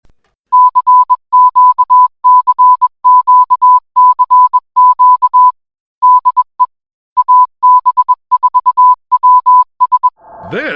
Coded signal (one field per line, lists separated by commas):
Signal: Morse code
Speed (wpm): 21 wpm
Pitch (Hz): 1000 Hz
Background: music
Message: CQCQCQ DE AB4WS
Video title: AB4WS RADIO SHOW 2025 03 07